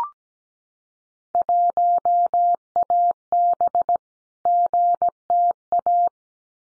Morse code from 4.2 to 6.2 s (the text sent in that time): GTA